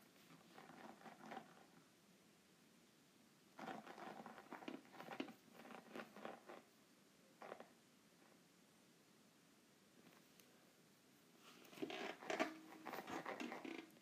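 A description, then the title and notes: Scratchy, rustling sounds from a grooved note pad come in short bursts separated by quiet gaps. Strokes cluster near the start, through the middle, and return louder and brighter in the last few seconds, with soft tapping mixed into the scraping. ASMR Groovy Note Pad.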